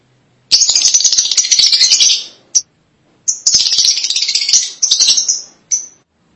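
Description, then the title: Lovebird chatter: two long bursts of fast, buzzy, rattling high twittering, each ending with a short chirp. "BM Suara Burung Lovebird"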